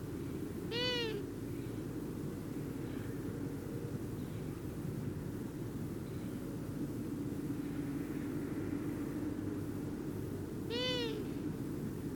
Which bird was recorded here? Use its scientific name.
Asio otus